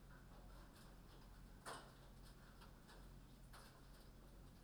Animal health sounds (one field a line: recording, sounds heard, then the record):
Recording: poultry house recording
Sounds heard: no chicken sound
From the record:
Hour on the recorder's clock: 21